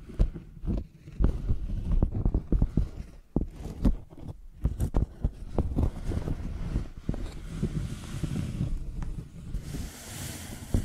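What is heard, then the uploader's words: Microphones used like pencils make irregular taps and rough, rumbling scratches, with a short pause near four seconds and hissier strokes near the end. ASMR Using Mics as Pencils (No Talking).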